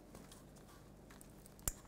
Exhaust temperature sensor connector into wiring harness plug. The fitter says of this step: make sure it clicks, and re-secure it onto the frame.